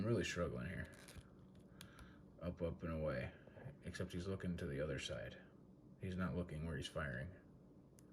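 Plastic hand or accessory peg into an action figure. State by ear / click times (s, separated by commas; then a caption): not seated / none. Someone talks while struggling to push a plastic hand or accessory peg into a McFarlane Toys DC Multiverse The Batman action figure, with faint handling ticks under the speech. The clip ends before the part goes home, and nothing has seated or clicked yet.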